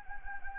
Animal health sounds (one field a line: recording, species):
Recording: mosquito wingbeat signal from an infrared sensor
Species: Anopheles gambiae